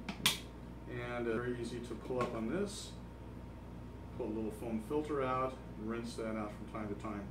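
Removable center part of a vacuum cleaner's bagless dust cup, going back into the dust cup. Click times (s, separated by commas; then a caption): 0.1 s, 0.3 s. The removable plastic center part (cyclone/filter housing) of a Bissell Powerforce Helix Turbo vacuum cleaner's bagless dust cup, twisted out to clean it after emptying the dirt, is pushed back into the dust cup. It snaps in with two sharp clicks at 0.1 s and 0.3 s, the second louder, and is seated. Someone talks afterward.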